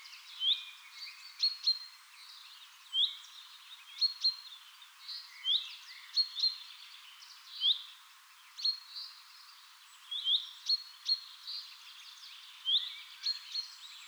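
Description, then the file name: Common chaffinch calling: bright curved chips alternating with short level whistles, repeated steadily throughout, with soft background hiss. "Fringilla coelebs"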